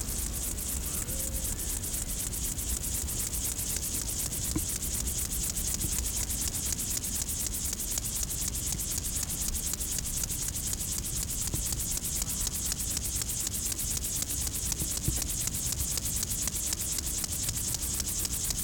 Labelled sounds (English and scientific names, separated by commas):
Upland Field Grasshopper (Chorthippus apricarius) stridulation